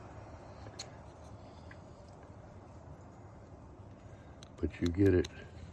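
An action camera mount lock on a motorcycle mount is handled at the nine o'clock position, with faint low background noise and a few small ticks. Someone talks briefly near the end. The lock has not clicked home yet.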